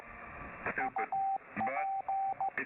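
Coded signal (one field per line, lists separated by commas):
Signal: Morse code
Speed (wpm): 14 wpm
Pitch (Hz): 780 Hz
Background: speech, radio noise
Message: UP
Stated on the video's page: Live on 7200.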